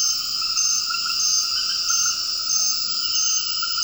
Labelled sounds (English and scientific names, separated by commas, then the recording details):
none
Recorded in dense forest near Puerto Asís, Putumayo, Colombia, on 18 February 2024 at 21:30
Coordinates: 0.481, -76.318
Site G6421